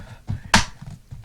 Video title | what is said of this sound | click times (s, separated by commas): How to Disassemble a Dell Inspiron 5570 | this noise this cracking noise is fine it just snaps | 0.5 s